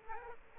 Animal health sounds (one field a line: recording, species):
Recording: mosquito wingbeat signal from an infrared sensor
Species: Aedes aegypti